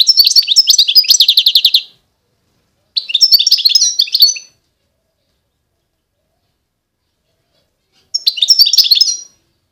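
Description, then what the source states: European goldfinch song: a fast, rattling trill followed by a twittering phrase, then a long silence and another bright burst. Wild bird.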